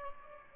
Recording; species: mosquito wingbeat signal from an infrared sensor; Aedes albopictus